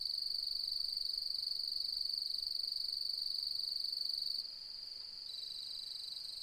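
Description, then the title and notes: Cricket song, a steady high continuous trill with bright harmonics, dropping in loudness near the end and staying quieter; no other clear sounds. Nocturnal cricket song beginning at dusk as light fades and full moon rises, fluctuating; arid Mallee woodland, outback NSW, Australia; autumn, 4 May 2015. "As the light fades and the full moon rises.. the nocturnal cricket song begins and fluctuates. Autumnal Dusk At Mungo National Park, NSW, Australia. Recorded on the 4th of May, 2015 in the outback"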